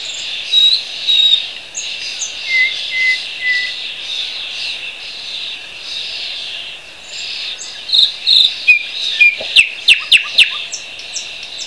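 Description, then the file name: Thrush nightingale song: thin high whistles and lower slurred notes, then a burst of sharp, clacking clicks, over constant insect buzzing. Recorded at Bergen. "Sprosser Bergen"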